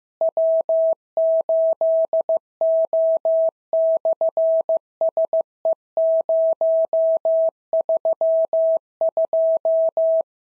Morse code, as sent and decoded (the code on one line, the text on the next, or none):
.-- ---.. --- -..-. ... . ----- ...-- ..---
W8O/SE032